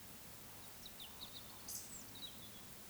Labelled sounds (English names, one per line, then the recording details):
Eurasian Woodcock whistle
Eurasian Woodcock croak
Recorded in Baden-Württemberg, Germany, on 2 June 2020 at 20:05 UTC
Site 46190, 1214 m above sea level